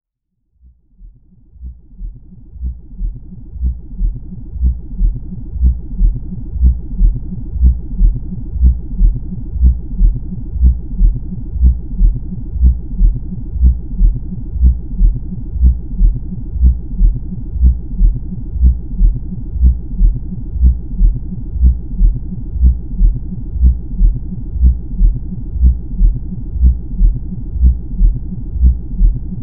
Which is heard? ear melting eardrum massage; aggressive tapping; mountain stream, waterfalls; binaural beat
binaural beat